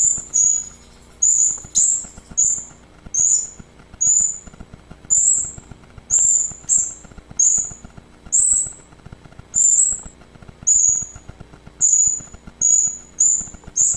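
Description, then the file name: Hanging parrot producing a steady series of piercing, high, squeaky notes, with quiet ticking in the background. "serindit"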